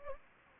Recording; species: mosquito wingbeat signal from an infrared sensor; Anopheles gambiae